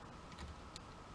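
A plastic brick part is detached from the toy robot's body and comes free with a small click at 0.8 s. The part is released.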